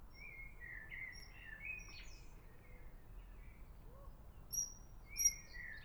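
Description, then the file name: Eurasian otter making long sliding whistles at the beginning and end, interrupted by brief high chirps, over a soft low background noise. Whistle calls given while swimming. "European Otter Whistle Calls While Swimming"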